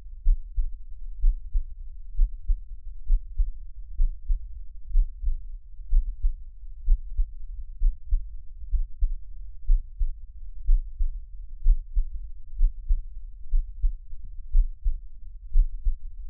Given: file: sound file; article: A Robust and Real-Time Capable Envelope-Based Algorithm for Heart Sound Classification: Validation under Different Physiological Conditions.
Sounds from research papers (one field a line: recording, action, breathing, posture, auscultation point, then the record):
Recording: heart sounds by electronic stethoscope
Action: rest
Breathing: normal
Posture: sitting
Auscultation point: Erb’s point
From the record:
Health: healthy, no known heart disease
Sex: male